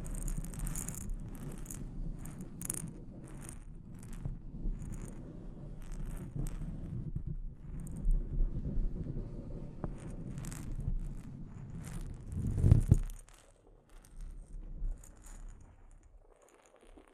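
Mic scratching and tapping: a steady low rumble with frequent crisp scratches, a loud thump near thirteen seconds, then quieter taps.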